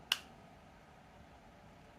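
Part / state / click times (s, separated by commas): serum pod into a handheld misting device / seated / 0.1 s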